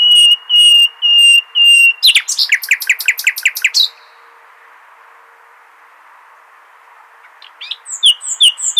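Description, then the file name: Common nightingale song: four pure, level whistles, then a fast rattling series of repeated notes, a silence, and a new varied phrase starting. "Luscinia megarhynchos"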